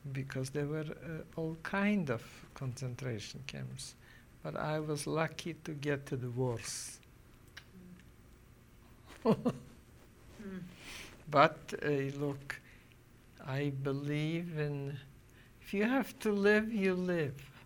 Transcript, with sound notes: because they were all kind of concentration camps, but I was lucky to get to the worst. ( she laughs ) But, look, I believe in, if you have to live you live.